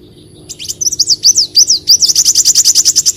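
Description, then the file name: Leafbird song: a few sliding high whistles, then a rapid even trill of short sharp notes. "Tieng chim xanh tim"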